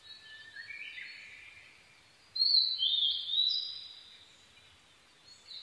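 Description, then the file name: Blue-and-white flycatcher: a soft warbling start, then a loud, high sliding phrase of sweet whistles that fades. Recorded 22 May 2011 at 04:34. "ooruri-20110522-0434"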